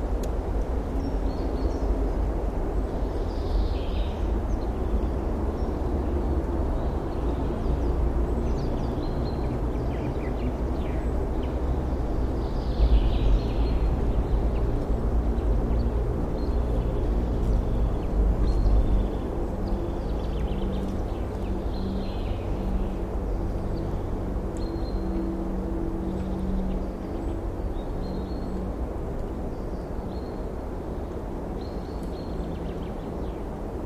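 Birds call in a forest, thin bright chirps and short phrases scattered through the whole stretch. Underneath runs a steady low rumble like traffic or an aircraft, with a slightly louder swell around the middle.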